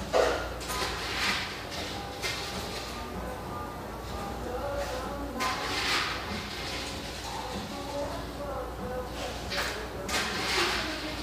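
Coffeehouse sounds in Portland's Hazelwood neighborhood: a steady murmur of overlapping voices runs throughout, with soft clinks and brief hissing bursts near the start, around two seconds, six seconds and ten seconds. A low, even hum sits underneath, and radio music is hard to pick out.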